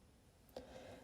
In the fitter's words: then gently press the opposite side down until it clicks into place.